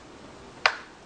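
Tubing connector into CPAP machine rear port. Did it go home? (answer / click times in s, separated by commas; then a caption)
yes / 0.7 s. A CPAP tubing's orange connector is fitted sideways onto the rear port of a ResMed CPAP machine and turned downward until it locks into place. After quiet low background noise, a single sharp click lands at 0.7 s and quickly fades. The connector is confirmed seated and locked.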